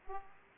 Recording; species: mosquito wingbeat signal from an infrared sensor; Aedes aegypti